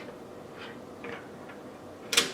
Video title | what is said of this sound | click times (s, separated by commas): The SECRET to PERFECT Orange Chili Steak! - DREO ChefMaker | and it pops right in and there's a very satisfying magnetic click there | 2.1 s